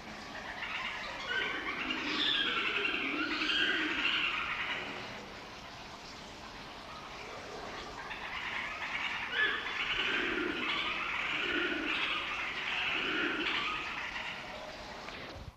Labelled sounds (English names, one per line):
Black Crake call